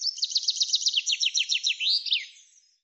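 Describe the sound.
Common chaffinch singing a rattling run of high, slurred notes that finishes with a sweeping flourish, then fades out.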